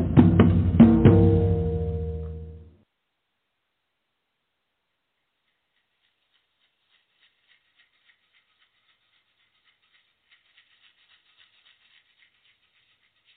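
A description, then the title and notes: Drumming opens with a few quick, hard strikes that set off a deep, ringing boom lasting under three seconds before it stops abruptly. Near silence follows, broken in the last several seconds by faint, light pattering taps. Drumming: Powerful. Drumming vibrations.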